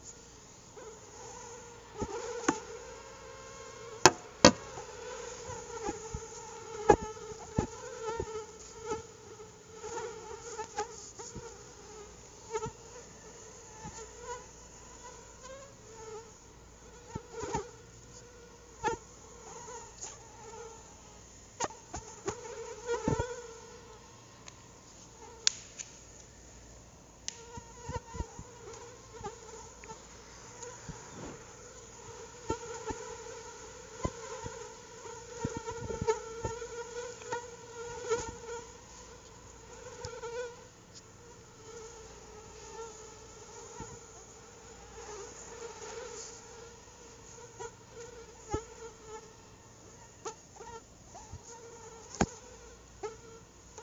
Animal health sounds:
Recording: mosquito flight sound by mobile phone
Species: Anopheles atroparvus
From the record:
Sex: female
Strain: EBRO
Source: CDC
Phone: Google Nexus

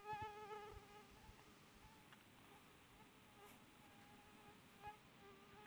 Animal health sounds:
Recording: mosquito flight sound by mobile phone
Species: Aedes sierrensis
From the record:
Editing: cut to the mosquito's sound

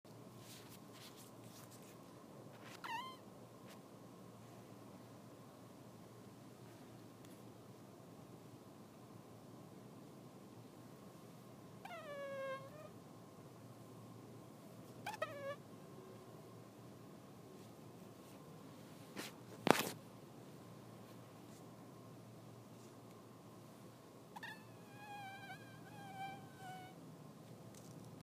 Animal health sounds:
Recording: mosquito flight sound by mobile phone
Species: Anopheles dirus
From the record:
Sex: male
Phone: iPhone 6

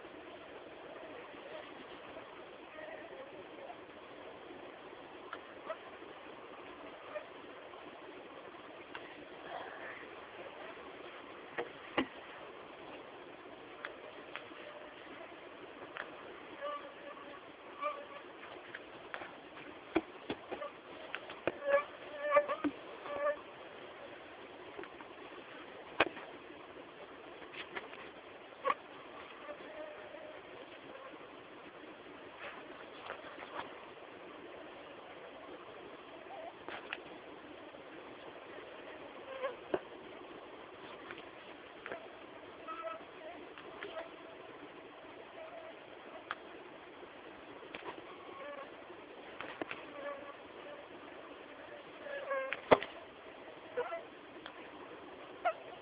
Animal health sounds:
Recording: mosquito flight sound by mobile phone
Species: Anopheles arabiensis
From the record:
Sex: female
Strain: Dongola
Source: CDC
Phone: Samsung T209

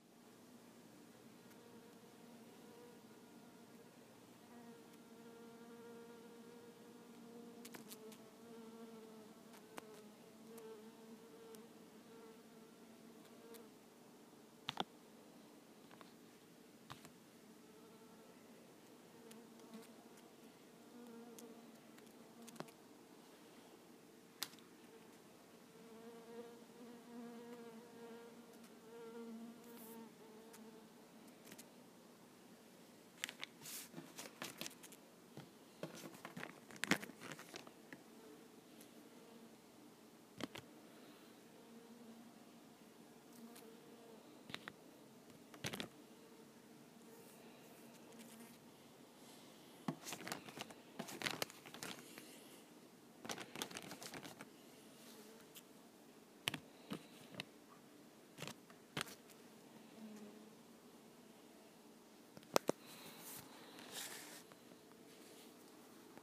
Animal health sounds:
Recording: mosquito flight sound by mobile phone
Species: Culiseta incidens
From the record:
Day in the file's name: 2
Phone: iPhone 6

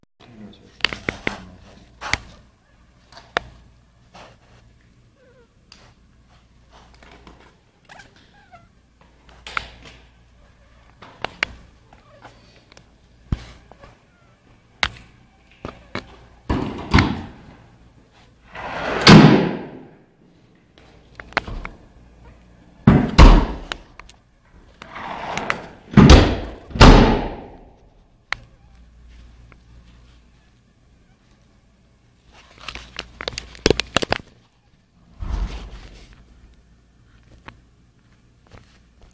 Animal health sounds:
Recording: mosquito flight sound by mobile phone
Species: Anopheles gambiae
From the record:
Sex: mixed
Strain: Kisumu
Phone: Nokia 5235

